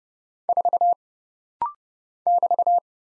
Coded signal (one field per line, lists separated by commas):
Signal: Morse code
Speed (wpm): 29 wpm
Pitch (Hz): 700 Hz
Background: none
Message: 4 <BT>